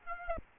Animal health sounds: mosquito wingbeat signal from an infrared sensor; Aedes aegypti

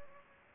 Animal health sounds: mosquito wingbeat signal from an infrared sensor; Anopheles gambiae

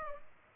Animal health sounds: mosquito wingbeat signal from an infrared sensor; Culex pipiens

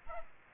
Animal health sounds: mosquito wingbeat signal from an infrared sensor; Aedes aegypti

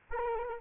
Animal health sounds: mosquito wingbeat signal from an infrared sensor; Aedes aegypti

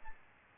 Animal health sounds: mosquito wingbeat signal from an infrared sensor; Aedes albopictus

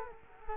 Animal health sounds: mosquito wingbeat signal from an infrared sensor; Culex quinquefasciatus

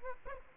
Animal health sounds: mosquito wingbeat signal from an infrared sensor; Aedes aegypti

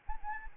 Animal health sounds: mosquito wingbeat signal from an infrared sensor; Anopheles arabiensis

